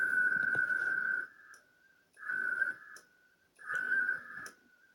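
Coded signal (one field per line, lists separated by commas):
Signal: HF data modem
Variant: ARDOP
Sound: three short buzzy data bursts around 1.5 kHz separated by brief pauses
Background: room noise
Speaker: So let's just listen in a little bit. You can hear the protocol, hear and watch the protocol.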